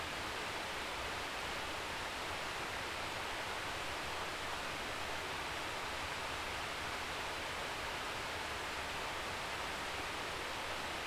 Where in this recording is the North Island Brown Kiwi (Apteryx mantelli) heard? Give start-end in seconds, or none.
none